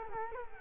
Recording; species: mosquito wingbeat signal from an infrared sensor; Culex quinquefasciatus